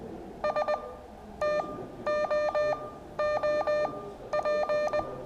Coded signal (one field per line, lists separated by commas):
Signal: Morse code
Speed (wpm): 19 wpm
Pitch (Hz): 600 Hz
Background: music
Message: STOOP